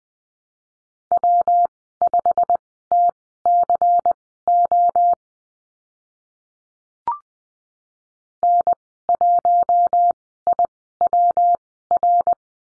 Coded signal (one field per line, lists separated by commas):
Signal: Morse code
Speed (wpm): 19 wpm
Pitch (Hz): 700 Hz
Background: none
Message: W5TCO N1IWR